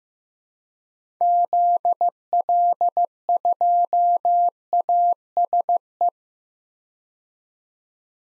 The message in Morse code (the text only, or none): ZL2ASE